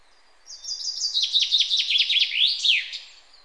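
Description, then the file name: Common chaffinch song, a bright cascade of high chipping notes that drops in pitch and closes with a quick flourish, over soft background hiss. "Fringilla coelebs"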